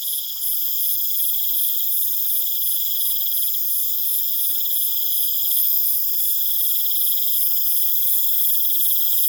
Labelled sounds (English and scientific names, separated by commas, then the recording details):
none
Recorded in pastures near Puerto Asís, Putumayo, Colombia, on 25 June 2025 at 21:00
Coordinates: 0.487, -76.322
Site H26